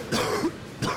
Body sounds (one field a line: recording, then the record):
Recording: coughing mixed with background sound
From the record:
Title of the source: Coughing 46